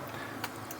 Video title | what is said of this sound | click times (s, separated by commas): CAMERA WI-FI LÂMPADA INSTALAÇÃO SEM INTERNET MODO AP NO APLICATIVO YOOOSEE | here it clicked in, it stays a little Outside, it's normal. | 0.4 s, 0.7 s